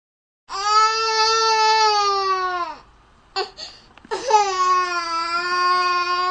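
Two long, sustained infant wails, each a couple of seconds, with a clear voiced pitch around 400 Hz and a rich, tonal quality, separated by a brief catch of breath and short gasping sounds. A typical infant cry.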